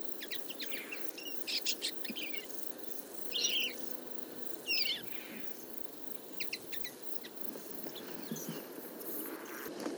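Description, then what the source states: Common Linnet calls: scattered short twitters and a few louder chirps spaced a second or more apart, over a low background hum. Flock of about fifty feeding in a field, late summer; calls, flights and autumn babbling; recorded for an hour with a single-microphone parabola.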